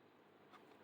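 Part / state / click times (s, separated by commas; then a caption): plastic figure arm into its locked elbow position / not seated / none. The arm of a plastic third-party Transformers Drag Strip robot figure by Tigerwing is handled as it is pushed up at the elbow toward its locked position, which removes the elbow bend. Only quiet, steady handling noise is heard over about 0.9 seconds. Nothing has seated or clicked yet.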